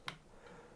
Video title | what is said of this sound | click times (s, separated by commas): How to load 120-film and remove back on a Zenza Bronica EC-TL | and make sure it clicks in and that these are engaged | 0.1 s